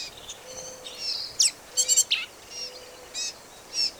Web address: birds vireos